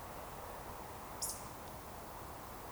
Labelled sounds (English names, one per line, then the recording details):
Eurasian Woodcock whistle
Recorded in Baden-Württemberg, Germany, on 14 June 2020 at 20:12 UTC
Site 43791, 788 m above sea level